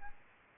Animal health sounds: mosquito wingbeat signal from an infrared sensor; Aedes aegypti

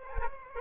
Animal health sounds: mosquito wingbeat signal from an infrared sensor; Aedes aegypti

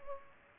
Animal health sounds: mosquito wingbeat signal from an infrared sensor; Culex pipiens

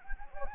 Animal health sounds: mosquito wingbeat signal from an infrared sensor; Anopheles gambiae

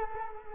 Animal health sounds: mosquito wingbeat signal from an infrared sensor; Culex quinquefasciatus

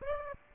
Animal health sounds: mosquito wingbeat signal from an infrared sensor; Aedes aegypti

